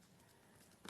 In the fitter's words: and that just locks into place like that.